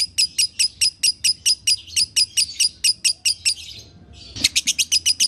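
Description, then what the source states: Lovebird song of sharp high chirps repeated at a quick pace, a brief pause, then a faster burst of quick chirps. Masteran (training) track of lovebird in the konslet singing style.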